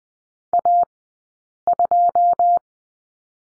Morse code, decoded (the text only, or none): A2